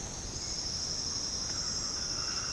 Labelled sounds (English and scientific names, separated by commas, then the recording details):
Speckled Chachalaca (Ortalis guttata)
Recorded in dense forest near Puerto Asís, Putumayo, Colombia, on 22 June 2025 at 07:00
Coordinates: 0.486, -76.317
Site G065